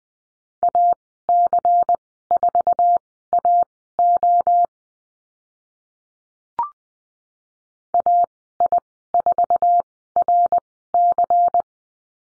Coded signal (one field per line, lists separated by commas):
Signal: Morse code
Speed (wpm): 20 wpm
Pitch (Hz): 700 Hz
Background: none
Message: AC4AO AI4RC